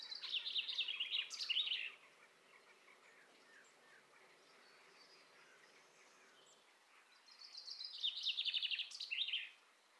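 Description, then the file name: Common chaffinch song: two bright, rattling phrases that tumble downward in pitch and end in a quick flourish, several seconds apart, with quiet background between. "Fringilla coelebs"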